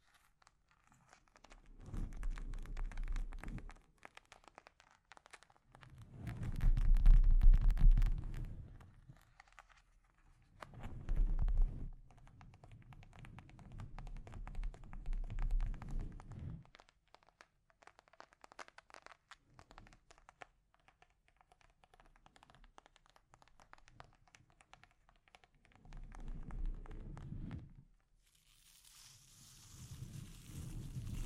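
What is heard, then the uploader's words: Delicate scratching and tapping on a microphone comes in bursts separated by near-silent gaps. Soft, low rubbing swells at about 2, 7, 11–16 and 26 seconds, laced with fine crinkly scratches, while a brief brighter hiss enters near 29 seconds. ASMR Delicate Mic Scratching and Tapping Triggers.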